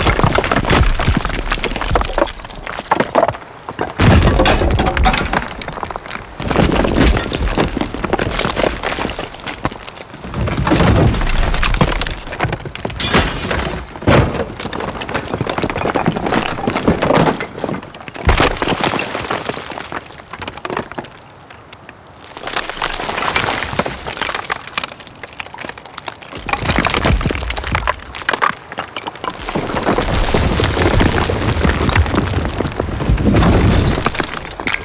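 Building collapse debris crashes in dense, loud bursts of cracking and shattering rubble, with a brief lull near twenty seconds before heavier falls resume.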